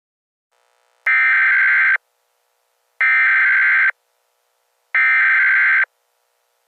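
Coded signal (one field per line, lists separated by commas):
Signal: Emergency Alert System (SAME) tones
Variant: header bursts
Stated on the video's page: Homemade EAS tornado warning mock with text-to-speech voice.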